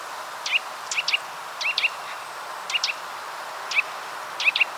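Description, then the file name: Eurasian nuthatch calling with brief, sharp, high notes, often in pairs, spaced irregularly against constant low noise. "Sitta europaea"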